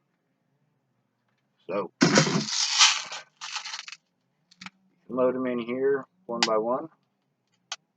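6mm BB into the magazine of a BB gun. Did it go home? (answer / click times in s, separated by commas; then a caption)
yes / 7.7 s. A 6mm plastic BB is loaded by hand into the feed port of a toy BB gun magazine while someone talks, and it seats with a sharp click at 7.7 s. Loading it this way makes the BB shoot back out.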